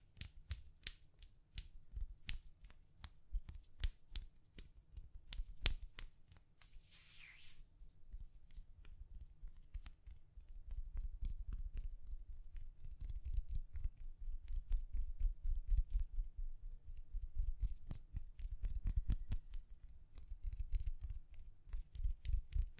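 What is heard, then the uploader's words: Gentle tapping goes on throughout, a steady run of crisp, quick clicks over a soft low thud, sometimes in fast bursts. A brief bright hiss rises around seven seconds, and the tapping grows fuller and more constant from about ten seconds on. ASMR Gently Tapping You to Sleep (No Talking).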